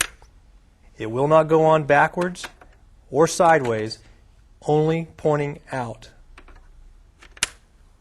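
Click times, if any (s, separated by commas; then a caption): 7.4 s. An oxygen cartridge is pushed onto a Model 615 portable emergency oxygen unit with its silver thumb latch pointing outward while someone talks. After a few faint ticks near 6.4 s, the latch snaps into place with a sharp click at 7.4 s, and the cartridge is seated.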